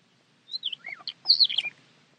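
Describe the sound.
Bird calls: a quick series of varied whistled and chattering notes sweeping up and down, lasting about a second, with near silence before and after.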